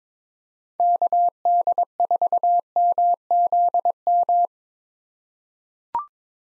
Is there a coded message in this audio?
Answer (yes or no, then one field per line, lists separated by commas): yes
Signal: Morse code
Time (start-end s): 0.8-4.5 s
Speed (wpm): 22 wpm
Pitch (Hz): 700 Hz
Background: none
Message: KD4MZM